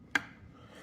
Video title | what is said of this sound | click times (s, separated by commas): KitchenAid built-in fridge not cooling ksso48fmx01- how to replace w10629033 | this make sure it makes that click noise so that way uh this sits in place properly | 0.2 s